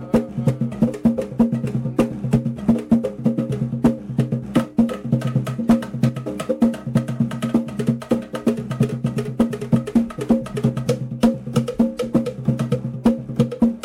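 Garifuna drumming plays continuously, with dense, fast hand strikes landing many times per second in a driving, steady rhythm. The drums sound full, with deep, round tones ringing under sharp slaps, and the pattern holds without pause throughout.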